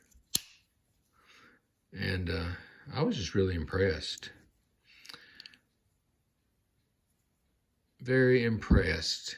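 A Colonial Prov. USA Anvil stainless steel stockman three-blade folding pocket knife blade snaps sharply home into its slipjoint handle under backspring tension, giving a loud, crisp snap at 0.4 s. Someone talks afterward, and a few faint clicks follow around 5.1–5.5 s.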